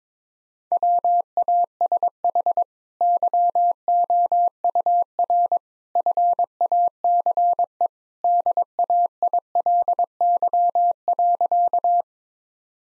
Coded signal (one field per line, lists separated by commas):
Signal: Morse code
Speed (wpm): 22 wpm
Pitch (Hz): 700 Hz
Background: none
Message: WASH YOUR FACE DAILY.